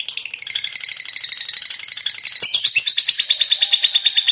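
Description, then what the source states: Lovebird song: a fast chattering run of high, buzzy trills, shifting pitch midway with a brief click near the middle. Fighter-type lovebird described as gacor, meaning in full, frequent song.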